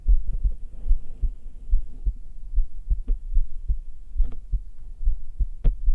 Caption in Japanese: 生肌心音。